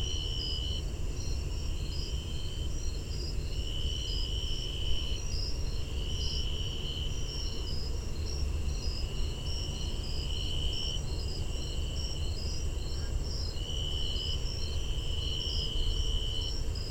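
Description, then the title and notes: Tree cricket trilling: steady high trills lasting a few seconds each, broken by short gaps, while other insects add rhythmic pulsing chirps at a higher pitch throughout. Near Patuxent Research Refuge Visitor Center, September 8, 2015, 8:02 pm, about 82 degrees; Fostex FR-2 recorder, Sennheiser ME62 microphone, Telinga parabola. "Tree Cricket recorded near Visitor Center of Patuxent Research Refuge September 8, 2015 at 8:02pm"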